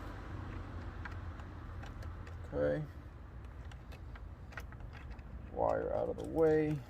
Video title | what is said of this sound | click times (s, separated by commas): Tacoma led fogs and sequential signals installation! | you'll hear a click | 1.1 s